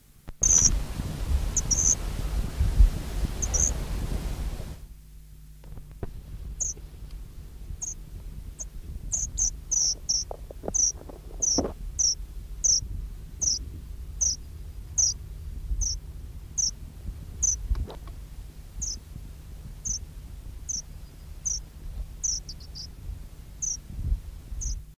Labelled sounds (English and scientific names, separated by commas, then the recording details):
Common Linnet (Linaria cannabina) call
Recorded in the wild
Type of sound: call
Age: immature
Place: Neustädter Moor, Niedersachsen, DE
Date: 1977-07-22
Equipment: Halbspur 19 cm
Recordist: Lütgens, Hans
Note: Junger, noch flugunfähig, zunächst gegriffen